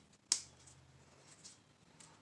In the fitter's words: Just snaps right in that little groove.